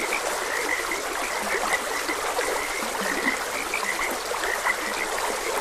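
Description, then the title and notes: Frogs croak in quick, repeated bursts, a few notes standing out above the steady babble of running water throughout. Frogs croaking beside a gentle stream. "Gentle Stream and Frogs Croaking. Sleep and Relaxation Podcast"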